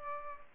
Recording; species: mosquito wingbeat signal from an infrared sensor; Culex pipiens